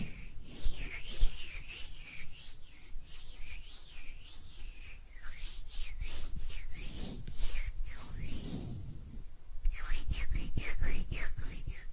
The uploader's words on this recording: ASMR Relaxing Hand Sounds (No Talking).